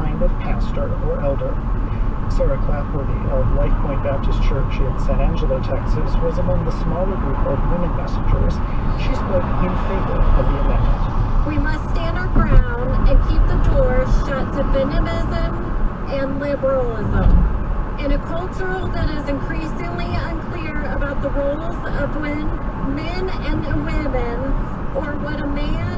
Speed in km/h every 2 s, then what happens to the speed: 48, 52, 56, 58, 58, 58, 58, 56, 56, 58, 60, 60, 55.
0-6 speeds up to 58. 6-22 steady at about 58.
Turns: none.